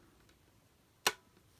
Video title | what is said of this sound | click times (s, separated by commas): DX Arc Cube Ultraman Blazar & Arc Cube Holder Review - Ultraman Arc | kind of hear it click on there and uh there you go | 1.1 s